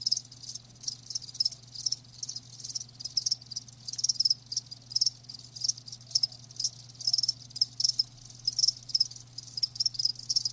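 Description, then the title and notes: Chirping crickets produce a dense stream of high, fast pulses in irregular bursts throughout, above a steady low hum. Live crickets chirping, presented as a lulling sleep sound. "Live Crickets Chirping. Enjoy the lulling song of crickets to help you fall asleep and stay asleep. RainManCJ"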